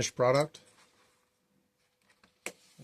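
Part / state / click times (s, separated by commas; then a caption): snap fastener on the leather strap into its mating half / seated / 2.5 s. Someone talks briefly, then after a quiet pause the metal snap fastener on the leather strap of a finished leather hatchet cover is pressed into its mating half. It gives a sharp click at 2.5 s as it snaps shut and seats.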